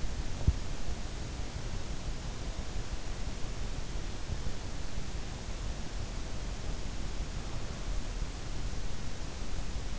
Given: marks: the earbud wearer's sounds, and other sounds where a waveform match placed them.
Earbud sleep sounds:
sounds in sleep by an in-ear microphone; teeth grinding
0.00-0.93 s: teeth grinding

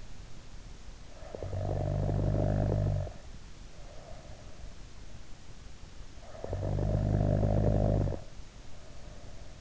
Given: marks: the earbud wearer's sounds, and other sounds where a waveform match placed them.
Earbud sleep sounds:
sounds in sleep by an in-ear microphone; snoring breath
0.93-4.63 s: snoring breath
6.06-9.61 s: snoring breath

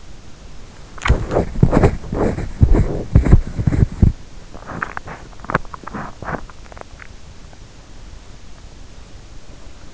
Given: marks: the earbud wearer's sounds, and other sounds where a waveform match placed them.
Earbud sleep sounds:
sounds in sleep by an in-ear microphone; body movement, teeth grinding, swallowing
0.00-8.80 s: body movement
4.55-6.55 s: teeth grinding
6.55-7.49 s: swallowing

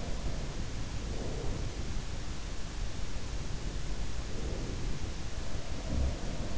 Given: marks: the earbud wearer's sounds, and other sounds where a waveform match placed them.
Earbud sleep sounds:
sounds in sleep by an in-ear microphone; breath
0.00-0.33 s: sound from someone else or the room
0.82-2.24 s: breath
2.65-5.43 s: breath
5.66-6.58 s: sound from someone else or the room

